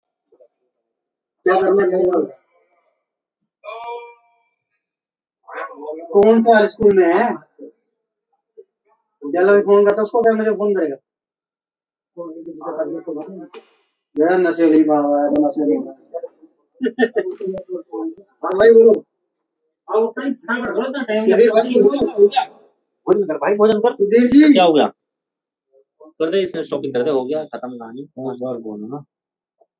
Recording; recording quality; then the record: deep breathing; poor, much background noise or distortion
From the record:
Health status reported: healthy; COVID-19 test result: not tested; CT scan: not taken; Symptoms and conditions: none ticked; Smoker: yes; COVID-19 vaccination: both doses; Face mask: worn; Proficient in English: yes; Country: India